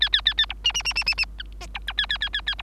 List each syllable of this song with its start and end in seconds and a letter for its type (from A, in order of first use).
0.01-0.09 A, 0.12-0.21 A, 0.25-0.34 A, 0.38-0.46 A, 0.49-0.53 B, 0.64-0.72 C, 0.74-0.82 C, 0.84-0.93 C, 0.95-1.04 C, 1.06-1.15 C, 1.17-1.25 C, 1.38-1.43 D, 1.60-1.67 E, 1.74-1.79 B, 1.87-1.93 D, 1.97-2.06 A, 2.09-2.18 A, 2.21-2.29 A, 2.33-2.41 A, 2.46-2.55 A, 2.58-2.62 B